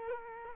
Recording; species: mosquito wingbeat signal from an infrared sensor; Culex quinquefasciatus